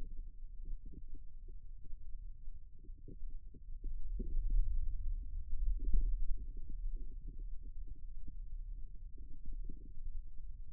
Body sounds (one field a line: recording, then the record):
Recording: forearm muscle sounds (acoustic myography)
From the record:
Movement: wrist extension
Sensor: system 2, bracelet of six BSWA MPA416 microphones around the upper forearm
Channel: 4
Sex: male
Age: 22 years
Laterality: right